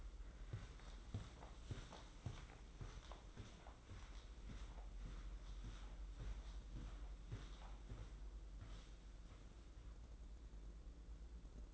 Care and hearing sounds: daily activity, microphone in the room; walk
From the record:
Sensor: 3

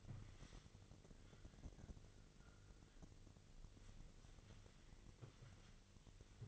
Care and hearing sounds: daily activity, microphone in the room; wipe stove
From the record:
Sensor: 4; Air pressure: 1002.4 hPa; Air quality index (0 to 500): 217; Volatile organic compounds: 12 ppm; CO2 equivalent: 2340 ppm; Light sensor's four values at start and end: 19/67/24/24 and 19/67/24/24

